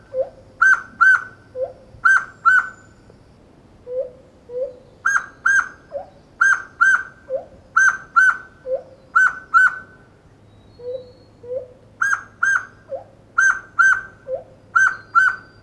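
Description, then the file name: Black-throated laughingthrush singing a looping phrase: a soft rising low note, then a pair of ringing whistles, repeated over and over with a few short pauses. "poksay hitam omkicau"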